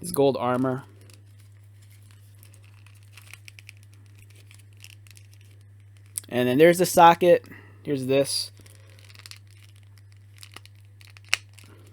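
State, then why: Seated. A plastic action figure part is pressed into its ball/peg socket on the figure while someone talks. Small plastic ticks and handling sounds follow, and a sharp, loud snap at 11.3 s marks the part seating in the socket.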